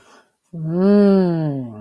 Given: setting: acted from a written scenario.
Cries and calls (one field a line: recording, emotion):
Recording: vocal sound without words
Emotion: desire